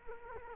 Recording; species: mosquito wingbeat signal from an infrared sensor; Culex quinquefasciatus